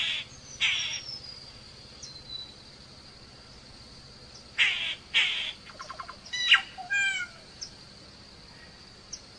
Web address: sound Solitary-cacique. صدای-پرنده-کاسکین-تکزی